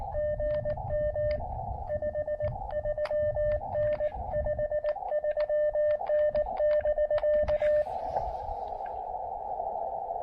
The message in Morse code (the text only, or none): GM 53N 53N <BK>